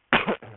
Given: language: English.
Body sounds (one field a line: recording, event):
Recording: throat vibration sensor signal played as sound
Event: cough